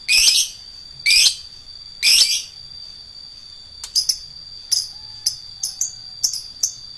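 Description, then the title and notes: Lovebird delivering three loud, shrill screeching calls about a second apart, then a run of quieter, short clicking chirps, with a constant high-pitched hum behind. Adult fighter lovebird. "#4. LOVEBIRD FIGTER. Lovebird Dewasa"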